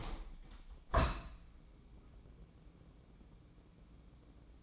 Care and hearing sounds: daily activity, microphone in the room; open window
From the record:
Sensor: 1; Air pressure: 1012.4 hPa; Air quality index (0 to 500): 170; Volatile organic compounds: 3 ppm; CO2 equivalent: 1386 ppm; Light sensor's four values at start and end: 149/333/147/154 and 150/337/148/155

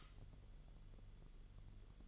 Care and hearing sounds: daily activity, microphone in the room; light off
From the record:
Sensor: 4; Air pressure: 1008.7 hPa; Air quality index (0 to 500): 98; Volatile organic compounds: 1 ppm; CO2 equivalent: 737 ppm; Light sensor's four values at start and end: 12/27/11/10 and 11/25/10/9

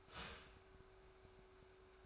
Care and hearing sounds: daily activity, microphone in the room; start toaster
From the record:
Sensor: 2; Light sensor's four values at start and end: 3/9/3/3 and 3/9/3/3

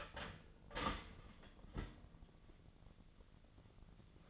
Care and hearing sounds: daily activity, microphone in the room; start toaster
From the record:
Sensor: 4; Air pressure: 1001.1 hPa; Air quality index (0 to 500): 151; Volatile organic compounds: 2 ppm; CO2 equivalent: 1109 ppm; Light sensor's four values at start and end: 18/43/18/19 and 18/42/17/19

